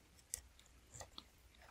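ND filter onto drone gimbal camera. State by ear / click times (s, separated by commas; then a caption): not seated / none. A small ND filter is handled and hooked in at the front of the gimbal camera on a switched-off DJI Mini 2 drone; the drone is kept off because the gimbal otherwise causes problems. A few brief, quiet plastic handling ticks are heard, the sharpest near 0.3 s and 1.2 s. Nothing has seated or clicked yet.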